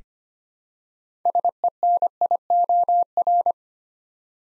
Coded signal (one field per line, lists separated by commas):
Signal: Morse code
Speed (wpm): 25 wpm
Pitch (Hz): 700 Hz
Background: none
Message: SENIOR